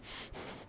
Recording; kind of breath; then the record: one breath in and out by a microphone near the nose and mouth; strong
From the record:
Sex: male